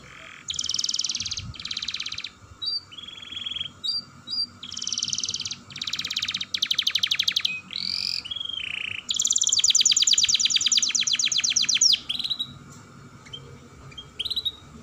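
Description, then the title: Atlantic canary song, varied bursts of buzzy trills and whistles with brief pauses, including a long continuous rolling trill midway; faint background hum. Vigorous singing with long rolling trills. "Kenari Gacor Dor Roll Panjang"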